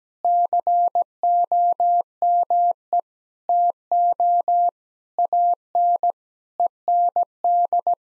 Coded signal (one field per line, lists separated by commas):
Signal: Morse code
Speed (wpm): 17 wpm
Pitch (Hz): 700 Hz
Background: none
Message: COME TO AN END